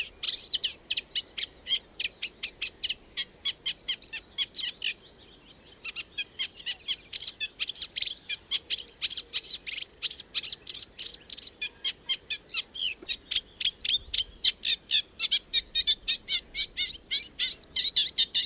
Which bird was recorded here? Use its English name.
Eurasian Reed Warbler